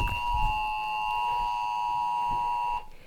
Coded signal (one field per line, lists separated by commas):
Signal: Emergency Alert System (SAME) tones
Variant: 853 and 960 Hz attention tone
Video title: tornado warning for michigan [EAS #31] fake read description